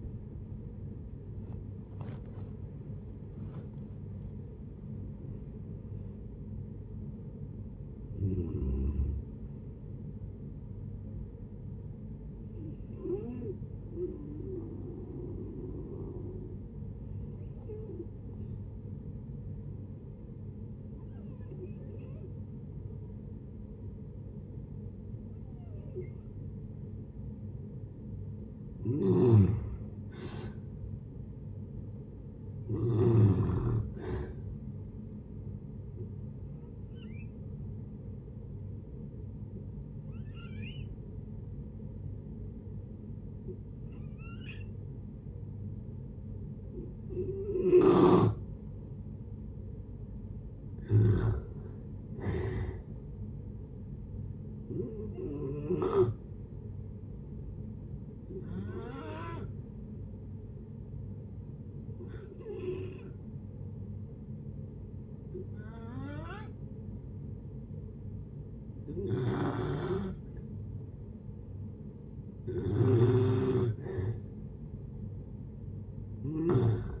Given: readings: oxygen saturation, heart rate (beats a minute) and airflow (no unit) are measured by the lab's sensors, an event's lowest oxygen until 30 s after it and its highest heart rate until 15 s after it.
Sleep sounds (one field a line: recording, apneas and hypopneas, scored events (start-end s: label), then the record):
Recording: breathing in sleep by a smartphone at the bedside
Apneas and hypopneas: 3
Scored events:
14.00-28.90 s: hypopnea (N1, oxygen 97% highest, then 89% lowest)
30.00-77.00 s: new sleep stage, N2 (light sleep)
36.00-52.00 s: hypopnea (N2, oxygen 94% highest, then 89% lowest)
57.00-73.00 s: hypopnea (N2, oxygen 95% highest, then 90% lowest)
From the record:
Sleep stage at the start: N1 (lightest sleep)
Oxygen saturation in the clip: 85 to 97%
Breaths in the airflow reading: 18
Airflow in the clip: -12.0 to 13.4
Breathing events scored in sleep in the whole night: 496 in 5.4 hours asleep